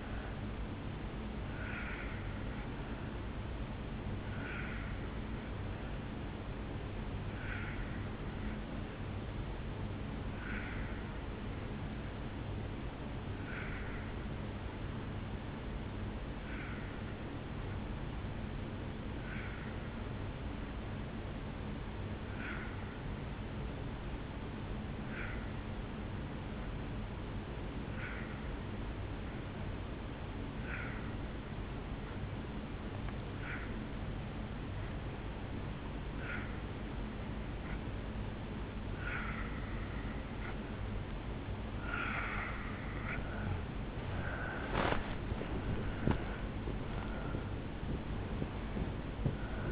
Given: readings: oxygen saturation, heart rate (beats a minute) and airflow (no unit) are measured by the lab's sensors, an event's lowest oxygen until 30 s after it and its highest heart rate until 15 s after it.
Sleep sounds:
breathing in sleep by a voice recorder at the bedside; 1
5.00-43.10 s: obstructive apnea (N2, oxygen 95% highest, then 82% lowest, heart rate 59 at the start, 74 highest)
19.00-49.72 s: new sleep stage, N3 (deep sleep)
From the record:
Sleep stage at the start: N2 (light sleep); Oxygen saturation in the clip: 85 to 95%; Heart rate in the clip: 53 to 73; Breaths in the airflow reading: 3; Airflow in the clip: -9.7 to 9.1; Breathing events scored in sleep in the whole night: 449 in 7.0 hours asleep

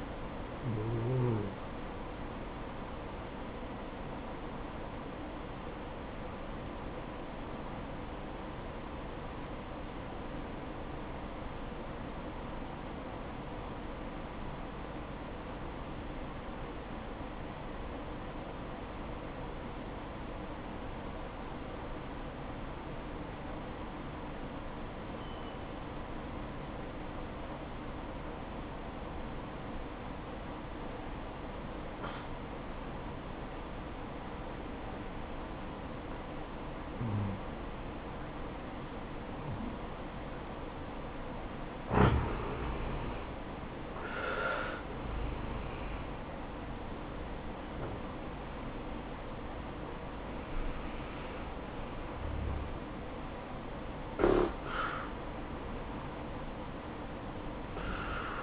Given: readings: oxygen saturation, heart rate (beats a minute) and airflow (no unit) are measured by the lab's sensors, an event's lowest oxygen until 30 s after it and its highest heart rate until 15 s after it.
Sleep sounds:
breathing in sleep by a voice recorder at the bedside; 1
6.00-36.00 s: new sleep stage, N2 (light sleep)
6.00-44.10 s: obstructive apnea (N2, oxygen 96% highest, then 85% lowest, heart rate 64 at the start, 72 highest)
36.00-58.43 s: new sleep stage, N1 (lightest sleep)
From the record:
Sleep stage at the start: N1 (lightest sleep); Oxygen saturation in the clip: 84 to 96%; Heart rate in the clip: 57 to 72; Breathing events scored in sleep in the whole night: 573 in 9.8 hours asleep

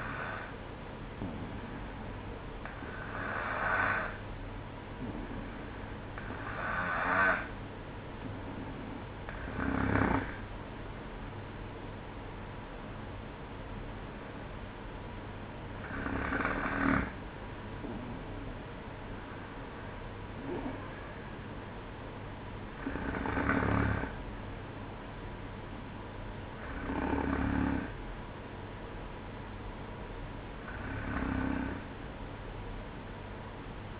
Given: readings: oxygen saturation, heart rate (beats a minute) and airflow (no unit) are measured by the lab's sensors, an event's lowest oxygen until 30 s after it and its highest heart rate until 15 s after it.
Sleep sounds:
breathing in sleep by a voice recorder at the bedside; none
11.00-34.00 s: new sleep stage, N1 (lightest sleep)
From the record:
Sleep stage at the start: N2 (light sleep); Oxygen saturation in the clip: 92 to 94%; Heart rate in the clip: 61 to 64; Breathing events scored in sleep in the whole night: 305 in 9.6 hours asleep

